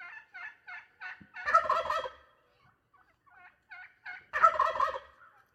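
Wild turkey gobbles: quick yelps lead into a loud, rolling gobble, then more yelps and a second rattling gobble.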